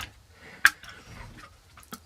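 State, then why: Seated. After the cab side door of a toy vehicle from an Oxford military set is opened and the figure is worked around inside, a plastic minifigure is pressed onto the plastic seat stud. It gives one sharp, loud snap at 0.6 s, followed by faint plastic rustles and small ticks. The minifigure is seated in the seat.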